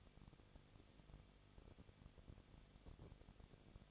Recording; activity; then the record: daily activity, microphone in the room; no activity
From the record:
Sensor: 4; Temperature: 23.1 degrees Celsius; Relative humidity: 34.4%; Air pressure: 1007.2 hPa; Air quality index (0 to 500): 214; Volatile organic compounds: 14 ppm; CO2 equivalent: 2473 ppm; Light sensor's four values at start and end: 2/3/1/1 and 2/3/1/1